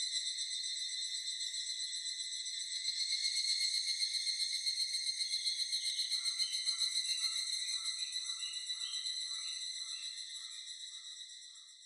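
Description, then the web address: Evening cicada song, a shrill rapid pulsed trill rising in loudness, with a lower stuttering sound joining halfway before the song gradually tapers off. Recorded on 4 July 2004. "2004 040704 higurasi"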